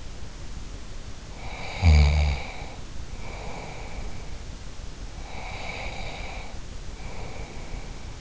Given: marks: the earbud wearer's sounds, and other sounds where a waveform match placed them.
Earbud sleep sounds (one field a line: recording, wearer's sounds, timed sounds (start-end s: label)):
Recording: sounds in sleep by an in-ear microphone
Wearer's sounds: snoring breath, breath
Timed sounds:
1.33-4.29 s: snoring breath
5.11-8.21 s: breath